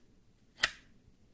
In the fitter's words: There's a little bit of a click.